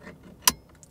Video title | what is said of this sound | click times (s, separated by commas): Volkswagen Jetta 2019 and up - Radio Removal | heard it click | 0.5 s